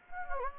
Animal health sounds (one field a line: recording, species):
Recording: mosquito wingbeat signal from an infrared sensor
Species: Anopheles gambiae